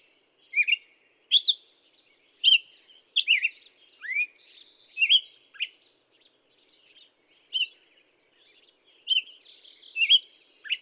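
Black-headed Grosbeak song, lively rising and falling whistled phrases in irregular bursts, some buzzy notes between, over a quiet background.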